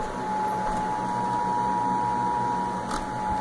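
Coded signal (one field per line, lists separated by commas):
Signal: Emergency Alert System (SAME) tones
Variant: 853 and 960 Hz attention tone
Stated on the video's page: Child Abduction Emergency relayed by the National Weather Service; the story was made up.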